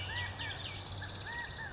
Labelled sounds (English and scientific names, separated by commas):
California Quail (Callipepla californica)